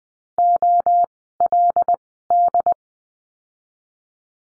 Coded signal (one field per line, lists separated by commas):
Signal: Morse code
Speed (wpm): 20 wpm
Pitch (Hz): 700 Hz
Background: none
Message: OLD